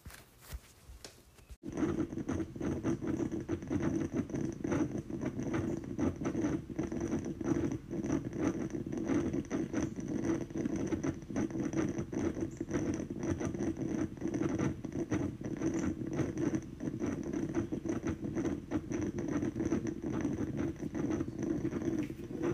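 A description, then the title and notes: A household sound begins after a second and a half of near silence, switching on abruptly into a dense, steady low rumble with a fast pattering texture. A thin, faint high whine runs alongside it, and both stay level until the end. Sounds from around our house, mostly in the am.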